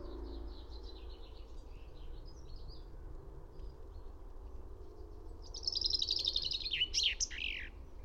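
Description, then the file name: Common chaffinch song near the end, a tumbling descending trill with a sharp flourish, preceded by a fainter similar song and steady low background rumble. "Fringilla coelebs"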